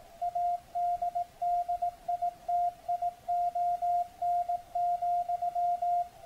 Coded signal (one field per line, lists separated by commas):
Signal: Morse code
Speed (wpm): 18 wpm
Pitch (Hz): 700 Hz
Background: none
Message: ADDITION,